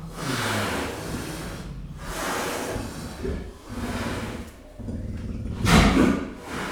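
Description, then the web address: Leopard rough sawing calls, loud breathy rasps in a slow series with short pauses, the final one loudest and harshest. Captive leopard in a zoo, 2015. "jaszberenyizoo 2015 professzionalis leopard"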